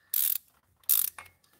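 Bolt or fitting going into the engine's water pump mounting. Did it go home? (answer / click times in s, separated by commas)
no / none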